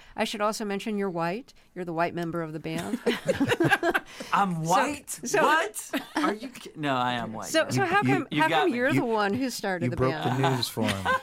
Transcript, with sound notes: I should also mention you're white. You're the white member of the band.
(LAUGHTER)
I'm white? What? Are you - no, I am white. You got me.
So how come you're the one who started the band?